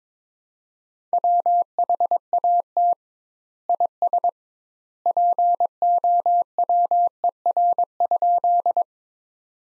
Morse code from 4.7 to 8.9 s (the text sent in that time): POWER?